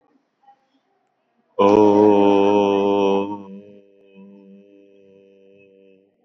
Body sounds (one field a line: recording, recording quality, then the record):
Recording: sustained vowel as in boot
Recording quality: excellent, no background noise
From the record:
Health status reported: COVID-19 positive, mild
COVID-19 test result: positive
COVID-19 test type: RT-PCR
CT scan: taken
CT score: 18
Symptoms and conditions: cold, muscle pain, hypertension, ischaemic heart disease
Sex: male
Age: 55 years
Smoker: no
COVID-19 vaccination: both doses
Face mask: not worn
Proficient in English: yes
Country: India